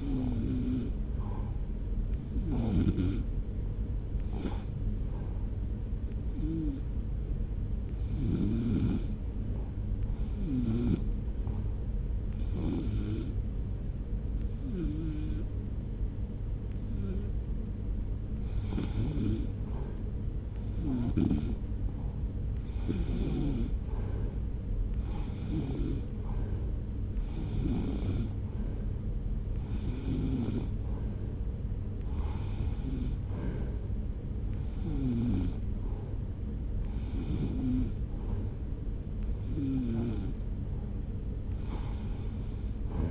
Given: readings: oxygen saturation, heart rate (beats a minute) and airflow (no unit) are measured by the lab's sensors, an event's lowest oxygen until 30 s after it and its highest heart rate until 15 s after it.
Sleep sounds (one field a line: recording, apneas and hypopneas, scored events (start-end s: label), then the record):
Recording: breathing in sleep by a smartphone at the bedside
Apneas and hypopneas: 1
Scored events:
10.00-24.60 s: hypopnea (REM, oxygen 93% highest, then 88% lowest)
From the record:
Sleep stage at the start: REM sleep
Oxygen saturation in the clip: 88 to 93%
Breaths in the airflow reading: 14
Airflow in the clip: -0.8 to 1.2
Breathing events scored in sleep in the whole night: 335 in 6.7 hours asleep